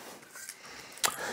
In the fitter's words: you have your base and you have the arm here the arm snaps into place